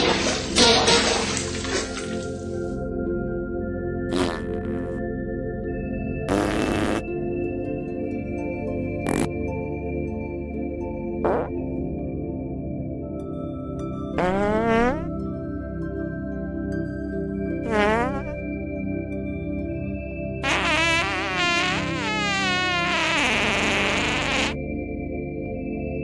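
Fart sounds over a steady, ringing low drone that runs the whole time. Short squishy bursts and sharp cracks break in every few seconds, and around the middle and near the end come wobbling, squeaky blasts that bend up and down in pitch.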